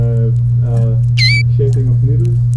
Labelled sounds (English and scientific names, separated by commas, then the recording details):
Domestic Canary (Serinus canaria) song
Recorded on 30 April 2018 at 14:43
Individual llb3